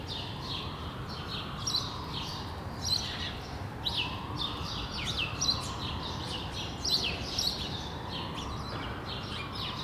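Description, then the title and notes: Sparrow chirps, sparse and fairly faint, in scattered bursts over steady low rumble with a passing vehicle-like swell. Sparrows on Rue de l'épargne, Brussels, Belgium, on World Sparrow Day; Lom mikroUši microphones into Deity PR-2 recorder. "Rue de l'épargne, Bruxelles, Bruxelles-Capitale, Belgique - World Sparrow Day. Sparrows - moineaux"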